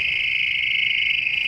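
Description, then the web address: Toad trilling, a steady high-pitched continuous trill held at one pitch for the whole moment, with no other sounds. Recorded on 14 September 2012. "2012-09-14 toads"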